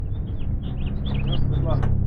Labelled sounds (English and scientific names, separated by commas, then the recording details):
House Finch (Haemorhous mexicanus) song
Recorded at WGilgo Beach on Long Island, New York, on 22 May 1975
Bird F